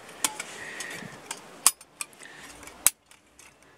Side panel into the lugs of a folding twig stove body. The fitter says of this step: just making sure that you hold everything else together and then just slide them down just so that they click into place